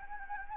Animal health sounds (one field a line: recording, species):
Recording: mosquito wingbeat signal from an infrared sensor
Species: Anopheles gambiae